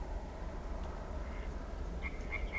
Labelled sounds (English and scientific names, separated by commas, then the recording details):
Mallard (Anas platyrhynchos)
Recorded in Germany
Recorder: ecoPi